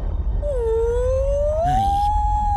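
A whale's long moaning call: one sustained, mournful tone that starts low and slowly bends upward in pitch, rich with overtones, over a steady low rumble.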